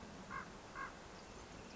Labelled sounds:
Common Raven (Corvus corax)
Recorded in Sonoma County, California

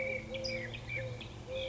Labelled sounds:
Eurasian Collared Dove (Streptopelia decaocto)
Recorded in Sonoma County, California

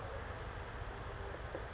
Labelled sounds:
California Towhee (Melozone crissalis)
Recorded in Sonoma County, California

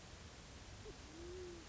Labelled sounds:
Band-tailed Pigeon (Patagioenas fasciata)
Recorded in Sonoma County, California

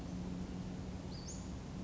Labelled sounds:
Western Flycatcher (Empidonax difficilis)
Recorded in Sonoma County, California

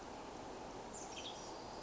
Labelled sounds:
Western Tanager (Piranga ludoviciana)
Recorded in Sonoma County, California

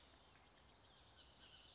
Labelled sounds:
Bullock's Oriole (Icterus bullockii)
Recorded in Sonoma County, California

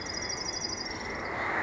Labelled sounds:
Orange-crowned Warbler (Leiothlypis celata)
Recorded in Sonoma County, California

